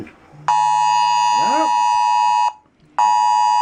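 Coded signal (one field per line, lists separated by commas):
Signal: Emergency Alert System (SAME) tones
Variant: 853 and 960 Hz attention tone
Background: speech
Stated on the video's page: National EAS test, sent over wireless emergency alerts, TV and radio.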